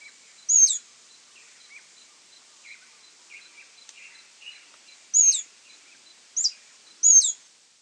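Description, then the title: Scale-throated hermit giving a few sharp, very high squeaky notes, irregularly spaced, with soft lower chirps from other birds in between. Nominate subspecies Phaethornis eurynome eurynome. "LuckyPassaro Completos2Sama. Scale-throated Hermit (Phaethornis eurynome eurynome)"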